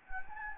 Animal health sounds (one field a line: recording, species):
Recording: mosquito wingbeat signal from an infrared sensor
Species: Anopheles gambiae